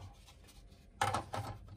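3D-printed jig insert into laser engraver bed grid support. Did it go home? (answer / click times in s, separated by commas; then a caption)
yes / 1.0 s. A 3D-printed plastic jig insert is pressed into the bed grid support of an Ortur Laser Master 2 laser engraver. After a quiet stretch of low hum, a sharp click at 1.0 s marks the insert snapping into place, followed by a softer knock around 1.3 s. The insert is seated.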